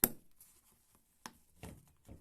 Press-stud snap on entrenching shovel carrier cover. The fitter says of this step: You can really hear it snap into place. Holds it nice and tight.